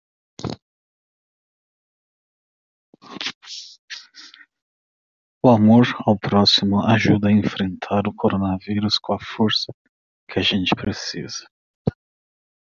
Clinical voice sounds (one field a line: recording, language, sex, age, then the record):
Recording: spoken sentence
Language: Brazilian Portuguese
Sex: male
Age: 40 to 49 years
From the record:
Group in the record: control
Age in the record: 40 years